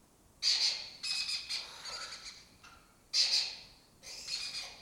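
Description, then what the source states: Lesser kestrel calls, loud scratchy rasps in two clusters, each opening with a sharp burst followed by softer grating notes. Colony breeding in an abandoned building complex in Doñana, southern Europe; migratory species foraging in West Africa.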